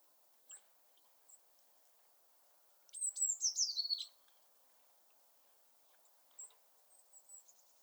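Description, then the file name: Eurasian blue tit call: thin high notes then a buzzy descending rattle, with scattered soft high chips before and after over a light hiss. "Cyanistes caeruleus"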